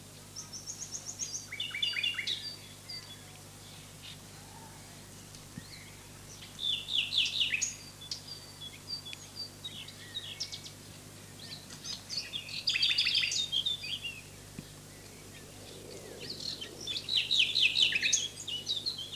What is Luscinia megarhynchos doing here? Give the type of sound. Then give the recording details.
song. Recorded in the wild. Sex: male. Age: adult. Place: Lübars, Sprintsteig, Berlin, DE. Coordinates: 52.6167, 13.3481. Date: 2006-04-30 19:24. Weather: sunny, 12°C. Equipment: Grundig CR 110, Sennheiser ME 80, Kopie Uher 4000 Report Monitor. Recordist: Tembrock, Günter